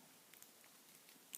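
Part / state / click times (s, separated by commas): padlock shackle into the lock body / seated / 1.4 s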